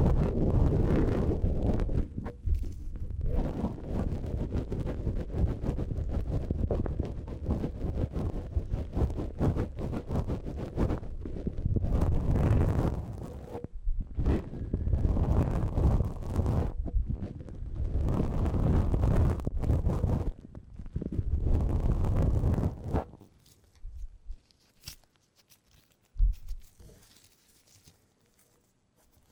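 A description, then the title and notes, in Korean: A tip brush swishes over a microphone in steady strokes, producing a thick, rumbling, scratchy rustle with a few short pauses. After about 23 seconds it falls nearly silent, broken only by two brief light touches near 25 and 27 seconds. 마이크를 팁브러시로 슥슥 ASMR (feat. 라텍스장갑, no talking).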